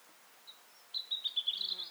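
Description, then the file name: European robin song phrase: a faint high note, then a thin, trilled run of high notes wavering around one pitch in the second half. "Erithacus rubecula"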